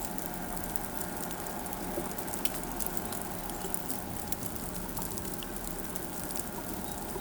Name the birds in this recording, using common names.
none